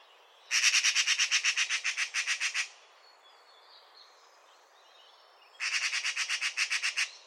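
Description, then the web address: Bird calls, two loud rattling bursts of rapid harsh notes, the first about two seconds long and fading slightly, the second running to the end, separated by a quiet gap with faint chirps. "Deverinetal 2025 File origin Bird Only"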